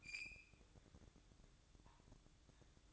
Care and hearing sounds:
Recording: daily activity, microphone in the room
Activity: open fridge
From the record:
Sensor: 3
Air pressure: 1007.7 hPa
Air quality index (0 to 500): 79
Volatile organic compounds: 1 ppm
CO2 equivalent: 673 ppm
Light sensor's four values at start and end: 12/30/12/12 and 13/30/12/12

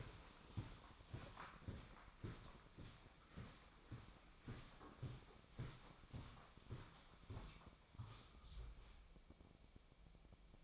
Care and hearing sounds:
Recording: daily activity, microphone in the room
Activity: walk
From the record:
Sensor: 1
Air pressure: 1009.3 hPa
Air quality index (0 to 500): 185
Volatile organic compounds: 4 ppm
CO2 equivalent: 1565 ppm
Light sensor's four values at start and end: 50/135/55/67 and 50/133/55/66

